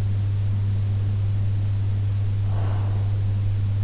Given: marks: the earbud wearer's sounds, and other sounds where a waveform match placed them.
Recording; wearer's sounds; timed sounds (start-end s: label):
sounds in sleep by an in-ear microphone; breath
1.53-3.53 s: breath